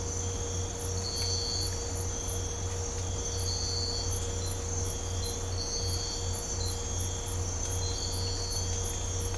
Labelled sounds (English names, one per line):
none